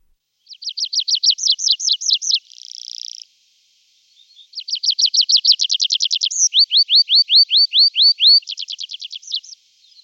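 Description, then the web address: Tree pipit song: rapid trills of repeated high notes, shifting between phrases, a buzzy rattling section, a short pause, then a longer series of repeated notes, some descending. "Skovpiber"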